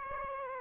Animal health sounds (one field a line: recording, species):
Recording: mosquito wingbeat signal from an infrared sensor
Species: Aedes aegypti